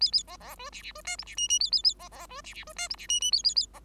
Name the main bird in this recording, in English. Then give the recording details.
Bengalese Finch. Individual Bird5